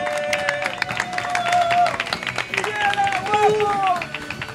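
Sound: applause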